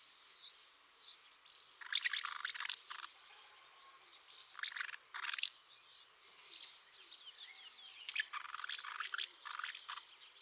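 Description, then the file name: Common house martin chatter: bursts of high, buzzy, rapid chirping separated by softer twittering. "OKNOWKA"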